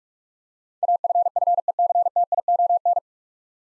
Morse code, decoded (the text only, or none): AFFECTION